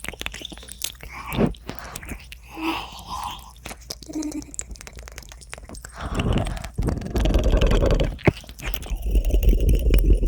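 Fast, chaotic ear eating and licking sounds, with wet smacks, clicks and crunchy chewing noises packed densely throughout. The first half is lighter and more scattered. After about six seconds it turns heavier and fuller, with thick, continuous squelching and a sharp pop near eight seconds.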